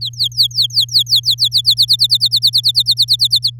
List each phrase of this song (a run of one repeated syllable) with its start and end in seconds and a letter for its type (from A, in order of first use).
0.01-1.61 A, 1.64-3.50 B